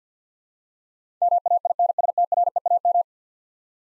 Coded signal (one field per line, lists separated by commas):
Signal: Morse code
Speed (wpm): 50 wpm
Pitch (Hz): 700 Hz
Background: none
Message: MAINSTREAM